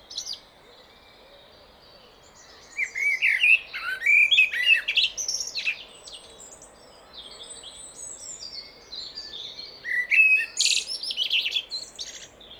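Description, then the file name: Common blackbird song: short mellow warbled phrases near mid pitch, each trailing into high squeaky twitters, in two bursts separated by quiet gaps. "Turdus merula"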